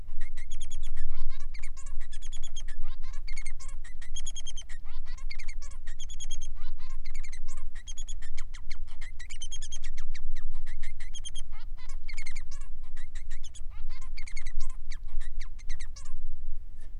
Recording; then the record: song of a male Bengalese finch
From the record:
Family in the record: son of father 3